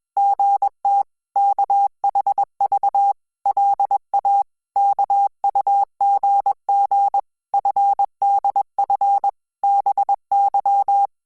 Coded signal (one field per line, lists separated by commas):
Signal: Morse code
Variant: Korean alphabet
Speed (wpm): 21 wpm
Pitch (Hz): 800 Hz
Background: none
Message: 서 울 고 있 는 데